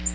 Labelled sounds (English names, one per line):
Nashville Warbler flight call